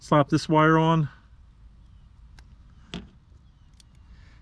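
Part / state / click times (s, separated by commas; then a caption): plastic wire tap connector onto vehicle wire / seated / 2.9 s. Someone talks at the start, then a plastic wire tap connector is placed over a yellow vehicle wire and pinched closed. It snaps shut with a sharp click at 2.9 seconds, with fainter ticks around it, and the connector is seated.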